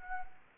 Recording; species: mosquito wingbeat signal from an infrared sensor; Anopheles arabiensis